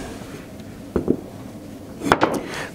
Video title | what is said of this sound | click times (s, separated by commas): Asia Schweinebauch Spieß mit süß saurer Chili Sauce | Also schön einfädeln und einklipsen. | 1.0 s, 2.1 s